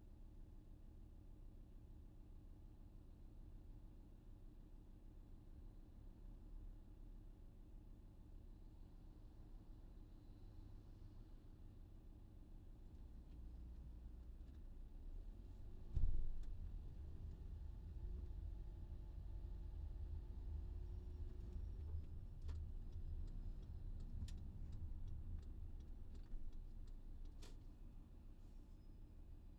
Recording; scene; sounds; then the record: everyday scene through a hearing-aid microphone; in a vehicle; engine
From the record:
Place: VW T5 Caravelle, diesel engine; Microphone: in the ear canal, left